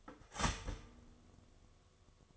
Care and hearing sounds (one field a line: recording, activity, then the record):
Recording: daily activity, microphone in the room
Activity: start toaster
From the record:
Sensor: 4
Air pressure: 1015.5 hPa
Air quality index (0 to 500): 196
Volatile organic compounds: 9 ppm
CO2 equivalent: 2184 ppm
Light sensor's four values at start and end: 4/9/3/3 and 4/9/3/3